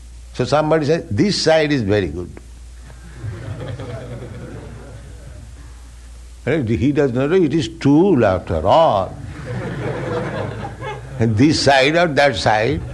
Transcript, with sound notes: So somebody says, "This side is very good." [laughter] He does not know. It is stool, after all, this side, or that side.